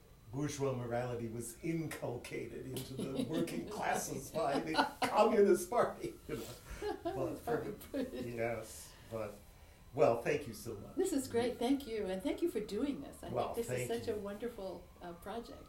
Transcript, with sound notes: bourgeois morality was inculcated into the working classes by the Communist Party. (laughter) Yes. Well, thank you so much. This is great. Thank you. And thank you for doing this. I think this is such a wonderful project.